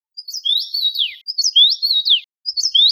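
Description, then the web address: Common rosefinch giving clear whistled phrases, each a rising slur then a falling note, repeated three times in quick succession with short pauses; no other sounds. "Carpodacus erythrinus"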